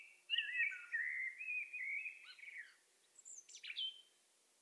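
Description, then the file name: Common blackbird singing a long low fluting phrase that slides and wavers, followed by a sharp high-pitched squeaky flourish. "Turdus merula"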